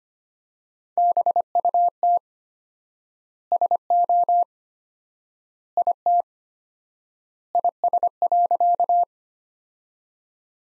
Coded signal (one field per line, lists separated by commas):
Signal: Morse code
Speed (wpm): 25 wpm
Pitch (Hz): 700 Hz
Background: none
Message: BUT SO IT IS.